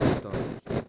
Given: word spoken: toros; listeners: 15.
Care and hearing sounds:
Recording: one Spanish word in noise, from a listening test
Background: noise modulated by one talker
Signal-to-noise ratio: -8.4 dB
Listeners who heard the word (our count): 0 of 15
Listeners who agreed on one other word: 11 of 15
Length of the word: 0.49 s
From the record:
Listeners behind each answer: 11, 1, 1, 1, 1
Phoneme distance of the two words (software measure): 10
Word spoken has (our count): 2 syllables, 5 phonemes, stress on syllable 1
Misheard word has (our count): 2 syllables, 5 phonemes, stress on syllable 1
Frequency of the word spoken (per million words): 38.96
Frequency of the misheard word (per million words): 1036.77

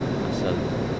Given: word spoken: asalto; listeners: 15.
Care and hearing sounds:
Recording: one Spanish word in noise, from a listening test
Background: speech-shaped noise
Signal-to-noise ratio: -6.9 dB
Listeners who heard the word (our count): 2 of 15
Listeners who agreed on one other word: 6 of 15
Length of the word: 0.60 s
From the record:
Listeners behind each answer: 6, 2, 2, 2, 1, 1, 1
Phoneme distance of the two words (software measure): 24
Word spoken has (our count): 3 syllables, 6 phonemes, stress on syllable 2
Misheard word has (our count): 3 syllables, 6 phonemes, stress on syllable 2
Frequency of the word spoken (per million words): 19.58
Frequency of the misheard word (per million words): 462.01

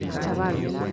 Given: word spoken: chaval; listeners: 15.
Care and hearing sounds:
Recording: one Spanish word in noise, from a listening test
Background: eight-talker babble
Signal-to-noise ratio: -1.1 dB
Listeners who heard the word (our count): 3 of 15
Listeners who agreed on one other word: 9 of 15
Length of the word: 0.52 s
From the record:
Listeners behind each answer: 9, 3, 1, 1, 1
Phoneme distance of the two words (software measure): 14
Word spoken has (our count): 2 syllables, 5 phonemes, stress on syllable 2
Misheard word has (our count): 3 syllables, 7 phonemes, stress on syllable 2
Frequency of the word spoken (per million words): 4.43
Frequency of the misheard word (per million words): 3.25

